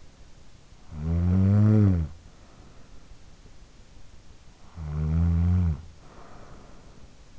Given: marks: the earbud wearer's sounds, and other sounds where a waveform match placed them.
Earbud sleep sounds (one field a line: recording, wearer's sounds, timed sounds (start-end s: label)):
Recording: sounds in sleep by an in-ear microphone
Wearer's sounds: snoring breath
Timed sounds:
0.47-3.41 s: snoring breath
4.38-7.39 s: snoring breath